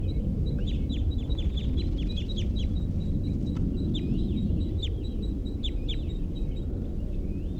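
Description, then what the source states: Crossbill calls: a dense series of short down-slurred notes over a constant low rumble. Pair arriving at the nest, 8:15 p.m.; begging calls by the female and flight calls by the male.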